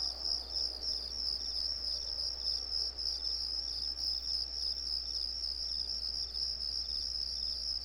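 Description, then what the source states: Crickets chirping continuously, a bright high pulsing beat about three or four times per second, over a low droning hum. Recorded on a residential street.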